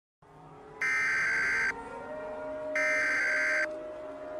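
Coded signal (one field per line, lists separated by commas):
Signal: Emergency Alert System (SAME) tones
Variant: header bursts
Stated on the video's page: Fictional EAS scenario.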